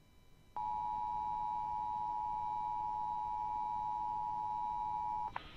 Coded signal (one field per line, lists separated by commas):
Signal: Emergency Alert System (SAME) tones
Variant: 853 and 960 Hz attention tone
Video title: Severe Thunderstorm Warning for parts of Georgia (EAS #86)